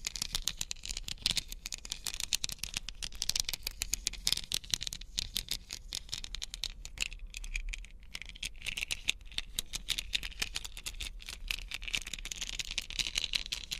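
Crystals and beads are tapped and scratched in a dense, continuous patter of tiny clicks and rattles. The sound is bright and crisp, with fast irregular ticks throughout the fourteen seconds, a few louder taps standing out, and a faint low rumble underneath.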